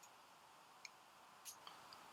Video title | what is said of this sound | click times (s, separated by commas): Method Feeders | it locks into place like so okay hopefully | 0.8 s